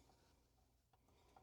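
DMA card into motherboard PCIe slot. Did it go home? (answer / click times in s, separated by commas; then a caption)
no / none. A DMA card is lined up with a PCIe slot on a motherboard before being pushed home. Only faint handling noise and a low background hum are heard, with no hits. Nothing has seated or clicked yet.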